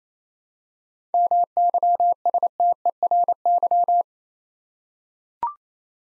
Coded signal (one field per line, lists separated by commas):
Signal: Morse code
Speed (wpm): 27 wpm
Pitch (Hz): 700 Hz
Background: none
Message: MYSTERY